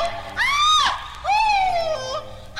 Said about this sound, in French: Sinon, tiré du même album, on a …. Oh, ça va taper.